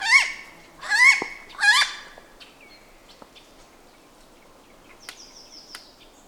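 Bird calls: three loud, nasal, honking notes in quick succession in the first two seconds, then near silence with a few faint, thin high notes toward the end.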